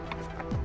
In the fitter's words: that's one click